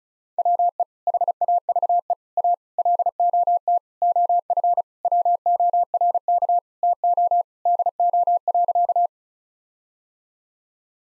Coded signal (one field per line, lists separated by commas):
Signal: Morse code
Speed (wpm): 34 wpm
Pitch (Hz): 700 Hz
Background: none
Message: WE HAVE A LOT OF WORK TO DO.